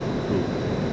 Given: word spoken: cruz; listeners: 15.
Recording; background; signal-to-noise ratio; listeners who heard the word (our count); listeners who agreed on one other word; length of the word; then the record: one Spanish word in noise, from a listening test; speech-shaped noise; -5.9 dB; 1 of 15; 8 of 15; 0.53 s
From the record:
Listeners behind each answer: 8, 2, 1, 1, 1, 1, 1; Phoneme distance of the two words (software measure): 24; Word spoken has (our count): 1 syllable, 4 phonemes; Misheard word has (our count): 1 syllable, 2 phonemes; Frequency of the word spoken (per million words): 87.80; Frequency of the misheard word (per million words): 308.45